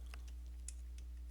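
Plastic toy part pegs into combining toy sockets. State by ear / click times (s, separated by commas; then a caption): not seated / none. Pegs on a plastic combining toy part from a Diaclone Reboot DA-47 Trivers Tridigger set are pushed into their sockets, giving a few faint, light ticks over a steady low hum. The pegs go in but sit too loose and do not snap into place, so nothing has seated or clicked yet.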